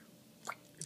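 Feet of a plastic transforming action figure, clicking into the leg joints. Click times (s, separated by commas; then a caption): 0.5 s, 0.8 s. The plastic feet of a Transformers Prime Cyberverse Wheeljack transforming action figure are swung outward into their robot-mode position in the leg joints. Against a quiet background, a short sharp click sounds at 0.5 s and a second, louder click at 0.8 s. Both feet click into place.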